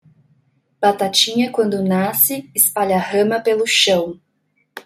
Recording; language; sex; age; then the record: short text; Brazilian Portuguese; female; 30 to 39 years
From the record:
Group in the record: control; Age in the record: 34 years